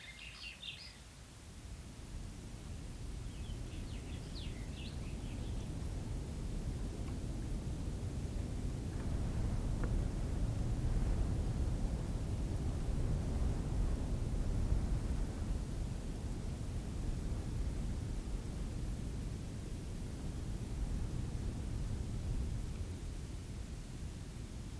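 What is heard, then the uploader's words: Wind sweeps across open desert in a steady low roar, swelling gradually toward the middle and easing slightly near the end. A few faint bird chirps come through early on, around the first six seconds, and then the rushing gusts dominate alone. African Desert is a collection of soundscapes recorded in the Namib desert. It covers a variety of locations, from sand dunes and canyons to desert pavement and rocky outcrops.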